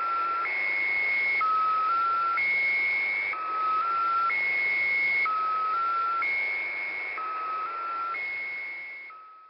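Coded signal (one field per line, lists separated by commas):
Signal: channel marker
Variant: Squeaky Wheel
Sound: repeating cycle of steady squeaky tones, high then low then slightly higher, over hiss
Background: radio static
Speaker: The original squeaky wheel sounded like, well, a squeaky wheel.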